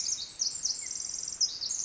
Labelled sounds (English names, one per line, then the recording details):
Pacific Wren
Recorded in Sonoma County, California